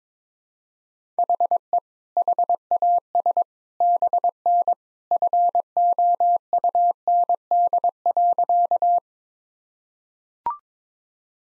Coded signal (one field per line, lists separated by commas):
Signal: Morse code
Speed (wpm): 21 wpm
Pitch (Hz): 700 Hz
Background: none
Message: HE HAS BN FOUND.